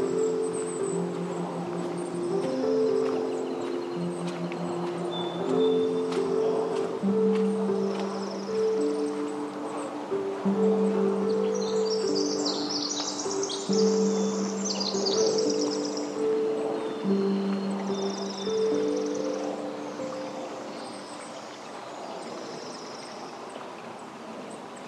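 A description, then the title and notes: Steady rushing, like a stream, runs through this outdoor recording from the Upper Macleay section of Forest Park. Layered low humming tones hold for a few seconds each, then shift to new pitches throughout. Bright bird chirps flutter in briefly around the middle. Upper Macleay section of Forest Park, Portland, Oregon.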